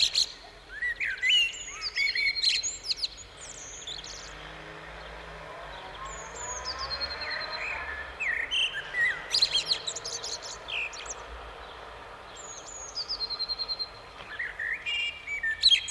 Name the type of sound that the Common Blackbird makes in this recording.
song